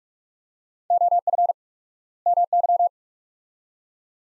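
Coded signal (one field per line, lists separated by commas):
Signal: Morse code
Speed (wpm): 46 wpm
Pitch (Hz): 700 Hz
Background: none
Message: OF MY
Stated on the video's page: Morse practice drill at 45 wpm, sets of two words with 4x word spacing, a Farnsworth-like method, each followed by spoken words.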